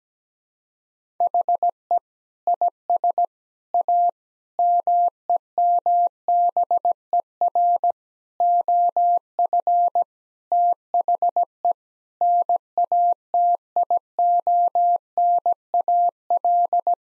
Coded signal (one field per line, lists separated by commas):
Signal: Morse code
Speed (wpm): 17 wpm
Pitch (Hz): 700 Hz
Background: none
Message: HE IS A MEMBER OF THE NATIONAL